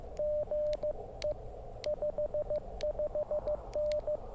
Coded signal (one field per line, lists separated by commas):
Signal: Morse code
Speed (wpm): 14 wpm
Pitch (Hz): 600 Hz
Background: radio noise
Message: GE 55N